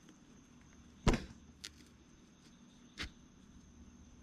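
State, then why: Not seated. A kick start gear and its return spring are being worked onto the kick start shaft of an Apollo DBX18 125cc dirt bike engine. Metal parts clack and knock, with a louder hit at about 1.1 s, a short sharp tick at 1.6 s and another knock near 3.0 s over low background hum. Nothing has seated or clicked into place yet.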